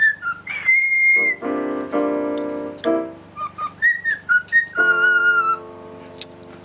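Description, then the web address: Cockatiel gives a held whistle, then choppy short notes and a longer falling tone, accompanied by piano chords. Parrot singing along with a pianist playing the piano. "pappagallo e pianista corella e pianoforte"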